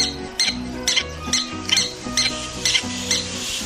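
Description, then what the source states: Mexican prairie dog calls: short, sharp squeaky chirps repeated roughly twice a second over a steady musical background. Squirrel relative living in large colonies, feeding mainly on plants, seeds and the odd insect, always watchful for foxes, coyotes and hawks.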